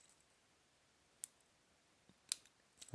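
A Bewish Milanese watch band's spring bar is pushed with a fingernail into the other lug hole of the watch case. Sharp, bright clicks sound at 1.2 s and 2.3 s over a quiet background, followed by a few faint ticks near the end. The spring bar is not fully seated, so only part of the fit has taken.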